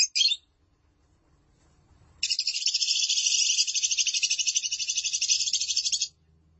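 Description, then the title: Lovebird song: a brief burst of chatter, a pause, then a long rapid buzzy chattering trill lasting about four seconds. "BM Suara Burung Lovebird"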